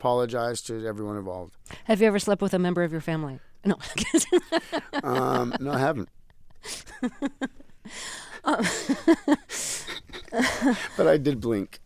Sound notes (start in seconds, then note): 3.8 laughter; 6.3 laughter